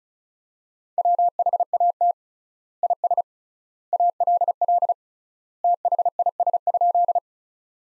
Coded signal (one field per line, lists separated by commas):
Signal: Morse code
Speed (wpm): 36 wpm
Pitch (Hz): 700 Hz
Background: none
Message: WHAT IS ALL THIS?